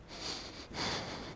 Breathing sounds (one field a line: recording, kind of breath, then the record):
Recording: one breath in and out by a microphone near the nose and mouth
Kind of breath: strong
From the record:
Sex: male